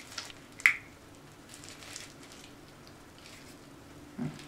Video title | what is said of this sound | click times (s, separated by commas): Coloration maison avec Mousse Absolue de L'Oréal | que ça fait clic c'est c'est des trucs sur les côtés je pense qu'il font clic ça | 0.2 s, 0.7 s